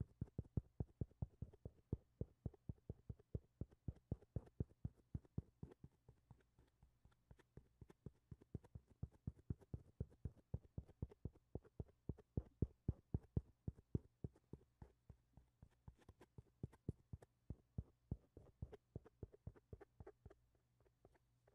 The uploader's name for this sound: mic touching